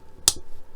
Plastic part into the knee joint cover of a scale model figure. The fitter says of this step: that's what it did snap into place